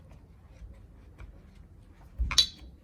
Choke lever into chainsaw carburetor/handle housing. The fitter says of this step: Probably preferably get a flathead and just go behind it, and you'll hear the little click.